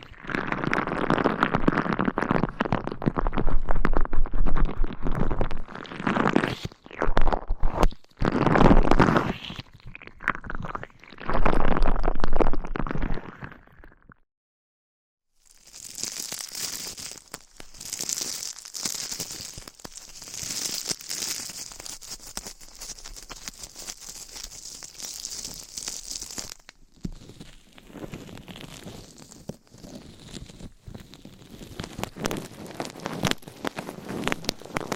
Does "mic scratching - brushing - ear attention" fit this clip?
yes